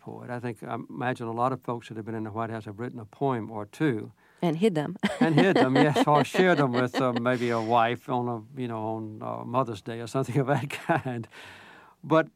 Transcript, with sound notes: I think -- I imagine a lot of folks that have been in the White House have written a poem or two.
And hid them! (laughs)
And hid them, yes, or shared them with maybe a wife on a -- you know, on Mother's Day or something of that kind.